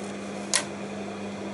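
The locating ring on the plastic slide tray of a Kodak Carousel 35mm slide projector is turned by hand before the tray is loaded. Over a steady low background hum, a single short, sharp click is heard at 0.6 s as the ring snaps into its locating position, and the tray ring is seated.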